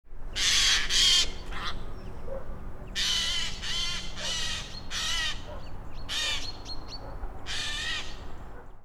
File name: Garrulus glandarius